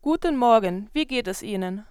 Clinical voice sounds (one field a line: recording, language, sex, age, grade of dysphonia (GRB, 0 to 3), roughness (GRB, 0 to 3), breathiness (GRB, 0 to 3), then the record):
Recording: spoken sentence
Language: German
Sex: female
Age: 20 to 29 years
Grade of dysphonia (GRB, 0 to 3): 0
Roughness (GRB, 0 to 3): 0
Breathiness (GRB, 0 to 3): 0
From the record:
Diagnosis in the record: healthy voice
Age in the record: 21 years